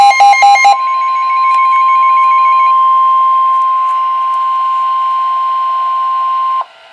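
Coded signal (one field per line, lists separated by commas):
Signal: Emergency Alert System (SAME) tones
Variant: 1050 Hz attention tone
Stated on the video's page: Winter Storm Warning issued by the National Weather Service, Boston.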